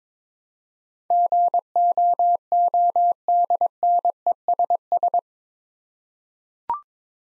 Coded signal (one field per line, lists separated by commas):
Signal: Morse code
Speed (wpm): 22 wpm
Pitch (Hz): 700 Hz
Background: none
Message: GOODNESS